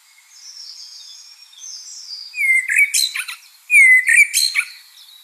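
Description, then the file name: Common blackbird song: thin high notes, then two loud slurred whistled notes, each running into a burst of squeaky, scratchy twittering. "Turdus merula"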